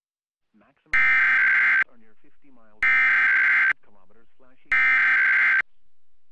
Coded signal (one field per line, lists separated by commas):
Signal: Emergency Alert System (SAME) tones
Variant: header bursts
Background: speech